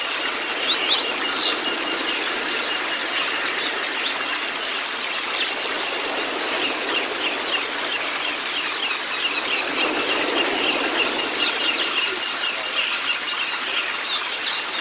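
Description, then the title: White-eye song: dense, high, thin chirps and twitters running continuously without pause. Training recording (masteran) of white-eye (pleci kacamata si putih) song, meant to get a silent (bisu) pleci singing constantly (gacor). "mster Mnuk. Terapi Pleci Bisu Menjadi Gacor Abis. Masteran Pleci Kacamata Si Putih"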